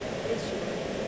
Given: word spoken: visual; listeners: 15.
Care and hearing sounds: one English word in noise, from a listening test; speech-shaped noise; -4.6 dB; 7 of 15; 6 of 15; 0.68 s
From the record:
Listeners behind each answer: 7, 6, 1, 1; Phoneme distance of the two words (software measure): 34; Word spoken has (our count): 2 syllables, 5 phonemes, stress on syllable 1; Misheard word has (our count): 2 syllables, 3 phonemes, stress on syllable 1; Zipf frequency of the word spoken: 4.00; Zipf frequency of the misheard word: 5.18

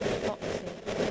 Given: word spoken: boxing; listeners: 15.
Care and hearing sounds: one English word in noise, from a listening test; noise modulated by three-talker babble; -7.0 dB; 2 of 15; 7 of 15; 0.71 s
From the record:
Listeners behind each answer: 7, 2, 1, 1, 1, 1, 1, 1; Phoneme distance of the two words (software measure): 10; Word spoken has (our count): 2 syllables, 6 phonemes, stress on syllable 1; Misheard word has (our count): 2 syllables, 6 phonemes, stress on syllable 1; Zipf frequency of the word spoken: 4.29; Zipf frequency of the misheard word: 4.50

